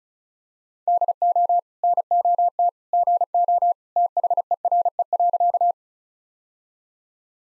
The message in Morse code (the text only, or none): DO NOT GO THERE.